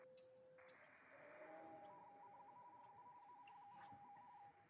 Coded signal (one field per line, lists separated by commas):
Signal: RTTY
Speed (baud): 45.45 baud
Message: CQ RU AC0C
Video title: ARRL RTTY Practice Round 9pm EST